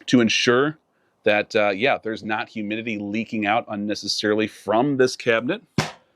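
Someone talks about the inner lid of a plastic thermostatic cigar storage box, which has a rubber gasket seal to keep humidity from leaking out. A brief sharp sound comes near 5.8 s as the lid is handled. The clip ends before the lid latches, so nothing has seated or clicked yet.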